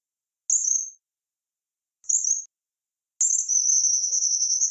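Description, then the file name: Tropical kingbird: two short, high, falling notes a second and a half apart, followed by a sustained, thin, buzzy trill. "canto do suiriri"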